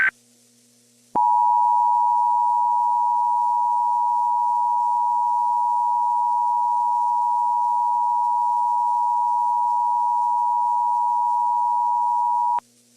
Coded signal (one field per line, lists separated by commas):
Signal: Emergency Alert System (SAME) tones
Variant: 853 and 960 Hz attention tone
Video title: Johto Windstorm (EAS Scenario)